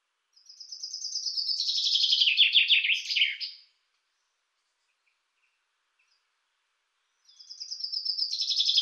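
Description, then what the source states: Common chaffinch singing one full descending rattle of notes ending in a flourish, then a pause of several seconds before the next song begins. Labelled autumn 2013 (podzim 2013).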